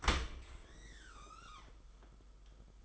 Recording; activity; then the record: daily activity, microphone in the room; open dishwasher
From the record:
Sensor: 5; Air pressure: 991.5 hPa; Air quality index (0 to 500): 115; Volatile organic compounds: 33 ppm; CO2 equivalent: 3030 ppm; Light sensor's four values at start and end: 39/123/47/50 and 39/125/47/51